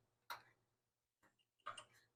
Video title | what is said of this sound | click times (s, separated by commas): This generator "SAT TOO LONG"...This is how I FIXED IT (Generac gp6500e) | this on until it clicks | 0.3 s